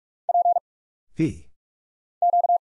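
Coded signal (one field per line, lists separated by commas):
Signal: Morse code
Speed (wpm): 44 wpm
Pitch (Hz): 700 Hz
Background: none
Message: P Q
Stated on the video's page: Head-copy drill of random letters, numbers, punctuation and prosigns at 45 wpm, sent, spoken after a very short gap, then sent again.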